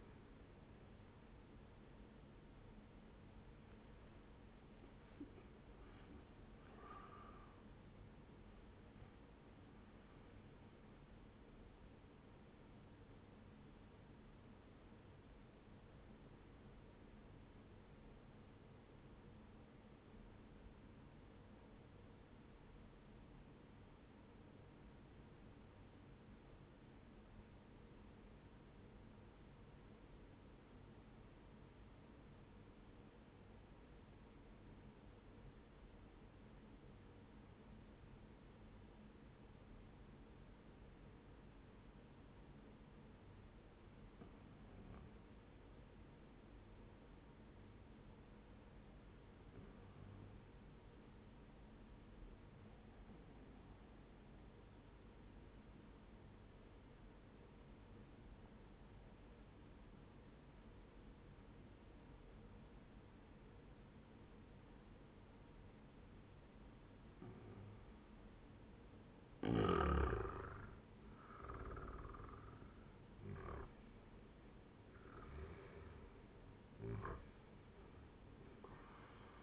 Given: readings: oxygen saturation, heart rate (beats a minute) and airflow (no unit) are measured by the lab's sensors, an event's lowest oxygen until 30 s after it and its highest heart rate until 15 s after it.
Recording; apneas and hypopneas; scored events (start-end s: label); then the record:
breathing in sleep by a voice recorder at the bedside; 1
0.00-7.00 s: awake
7.00-79.43 s: new sleep stage, N1 (lightest sleep)
18.00-68.00 s: obstructive apnea (N1, oxygen 98% highest, then 92% lowest, heart rate 64 at the start, 78 highest)
From the record:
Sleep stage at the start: awake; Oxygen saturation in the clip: 91 to 98%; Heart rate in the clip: 62 to 79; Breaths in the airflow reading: 4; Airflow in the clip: -10.3 to 11.0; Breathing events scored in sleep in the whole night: 131 in 7.2 hours asleep